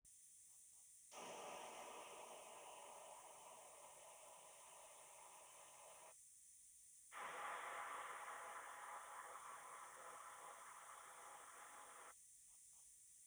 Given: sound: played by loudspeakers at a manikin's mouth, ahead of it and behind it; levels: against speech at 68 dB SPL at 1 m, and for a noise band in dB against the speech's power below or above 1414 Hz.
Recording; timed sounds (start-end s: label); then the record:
test signals for a remote microphone
1.10-6.11 s: speech-spectrum noise from ahead
7.11-12.11 s: speech-spectrum noise from behind
From the record:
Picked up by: remote microphone C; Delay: 23 ms